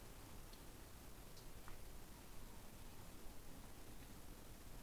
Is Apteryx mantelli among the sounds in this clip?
no